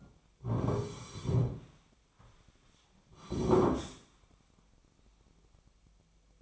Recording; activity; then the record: daily activity, microphone in the room; sit down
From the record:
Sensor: 1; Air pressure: 1009.3 hPa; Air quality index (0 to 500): 179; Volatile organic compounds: 3 ppm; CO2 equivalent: 1510 ppm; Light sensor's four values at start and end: 43/114/48/57 and 46/121/50/60